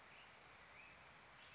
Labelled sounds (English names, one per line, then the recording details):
Black-headed Grosbeak
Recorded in Sonoma County, California